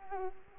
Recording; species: mosquito wingbeat signal from an infrared sensor; Culex quinquefasciatus